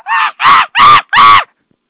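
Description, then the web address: Baboon calls, four harsh, nasal barking bursts in quick succession, each about a third of a second long, then silence. "baboon"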